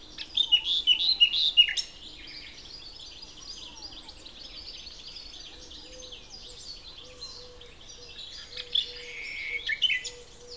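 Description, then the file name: Common nightingale singing a loud, varied phrase of sharp chirps and trills, then softer song and another loud phrase near the end; a low tone repeats through the second half. "Luscinia megarhynchos"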